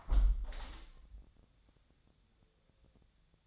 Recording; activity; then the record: daily activity, microphone in the room; close window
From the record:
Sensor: 3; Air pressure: 1014.9 hPa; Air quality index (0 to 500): 28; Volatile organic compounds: 1 ppm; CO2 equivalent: 518 ppm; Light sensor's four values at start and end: 10/23/9/9 and 10/22/9/9